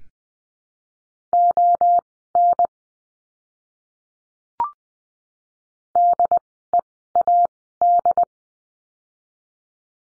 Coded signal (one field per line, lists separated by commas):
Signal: Morse code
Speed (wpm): 20 wpm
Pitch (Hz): 700 Hz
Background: none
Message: ON DEAD